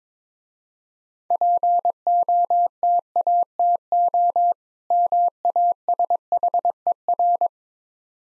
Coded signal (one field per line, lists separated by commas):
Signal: Morse code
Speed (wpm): 22 wpm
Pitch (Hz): 700 Hz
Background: none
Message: POTATO MASHER